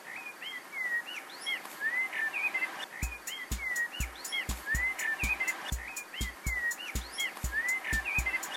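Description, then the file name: Bird singing lively whistled phrases with rising and falling slurs, joined after three seconds by a steady series of sharp tapping clicks. "sylvainpoujois chant oiseau"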